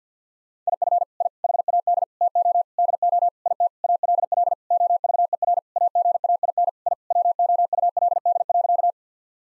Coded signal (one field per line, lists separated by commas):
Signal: Morse code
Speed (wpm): 50 wpm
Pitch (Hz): 700 Hz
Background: none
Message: IF I HAD TO DO IT ALL OVER AGAIN I WOULD.